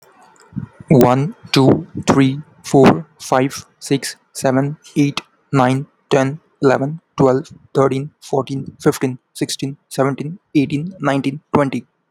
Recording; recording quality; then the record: counting at a normal pace; excellent, no background noise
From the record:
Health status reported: healthy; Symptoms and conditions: none ticked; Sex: male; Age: 23 years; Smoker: not ticked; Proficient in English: yes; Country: India